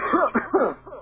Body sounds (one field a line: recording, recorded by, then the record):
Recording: voluntary cough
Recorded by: telephone call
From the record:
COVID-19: positive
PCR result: checked with the laboratory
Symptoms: no